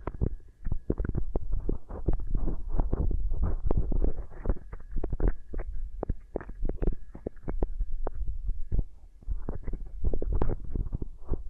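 Beeswax ear triggers: dense, irregular squishing and soft thumping with sharp sticky clicks scattered throughout, several per second. The sound stays mostly low and muffled, with brief brighter crackles, and a faint steady hum sits underneath the whole twelve seconds.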